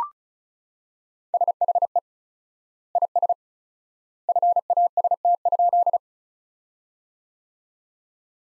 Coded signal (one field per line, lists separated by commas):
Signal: Morse code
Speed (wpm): 36 wpm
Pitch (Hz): 700 Hz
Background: none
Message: SHE IS FAST?